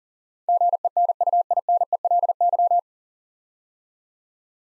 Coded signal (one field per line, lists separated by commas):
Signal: Morse code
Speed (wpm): 40 wpm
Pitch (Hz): 700 Hz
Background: none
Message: GENUINELY